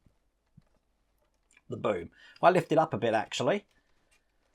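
An aerial ladder section is handled at the boom of a 1:24 scale FDNY Ladder 9 fire truck model, made of plastic and metal parts, as it is lifted slightly before being pushed fully through. Faint small ticks sound near 0.1, 0.6 and 1.5 seconds, then someone talks. The section has not seated or clicked into the boom yet.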